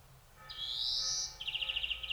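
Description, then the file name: European greenfinch calling: a long, drawn-out wheezy note, then a quick run of buzzy trilled pulses. "Chloris chloris"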